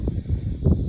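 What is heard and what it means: The plastic snap cover of a wire splice connector is pressed over the joined washer pump wires on a 1999 Honda Passport, giving a short click at 0.1 s amid low rustling handling noise. The cover catches only on its first lip and is not fully seated.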